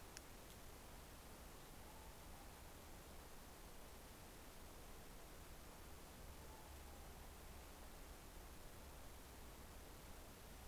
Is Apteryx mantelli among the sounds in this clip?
no